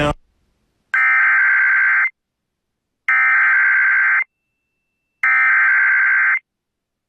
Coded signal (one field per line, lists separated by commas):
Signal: Emergency Alert System (SAME) tones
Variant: header bursts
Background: speech